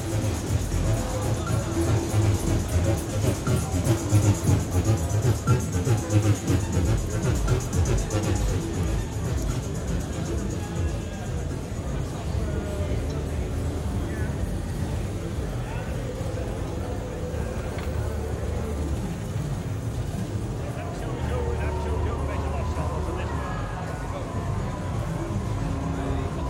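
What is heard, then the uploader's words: A busy shopping area at the Ginko Modular Festival, filled with a constant murmur of overlapping voices and footsteps. A low rumble runs underneath throughout, with a faint steady high whine on top. The crowd noise stays dense and even for the whole stretch. Sightseeing in the shopping area of Ginko Modular Festival at De Besturing - The Hague. Recorded with Zoom H6's Mid-Side microphone. Around 6-7 PM.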